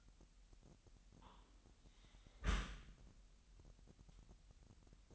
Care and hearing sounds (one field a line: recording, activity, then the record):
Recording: daily activity, microphone in the room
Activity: close dishwasher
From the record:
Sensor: 3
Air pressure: 998.1 hPa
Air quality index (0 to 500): 152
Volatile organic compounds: 5 ppm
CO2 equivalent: 1816 ppm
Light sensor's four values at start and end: 13/38/15/14 and 13/38/15/14